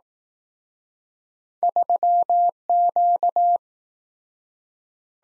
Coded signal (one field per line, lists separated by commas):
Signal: Morse code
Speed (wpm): 19 wpm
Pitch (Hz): 700 Hz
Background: none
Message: 3Q